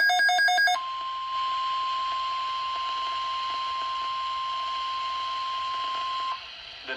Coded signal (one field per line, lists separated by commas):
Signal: Emergency Alert System (SAME) tones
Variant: 1050 Hz attention tone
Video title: SLIGHT RISK INSANITY II! EAS Alerts from 3/11/2023. [EAS #1194 - #1205]